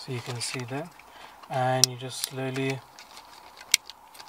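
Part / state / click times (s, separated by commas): car wiring harness connector into head unit adapter plug / seated / 3.7 s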